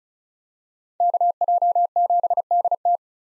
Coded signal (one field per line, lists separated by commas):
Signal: Morse code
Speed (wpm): 36 wpm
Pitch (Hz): 700 Hz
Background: none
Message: KJ7DT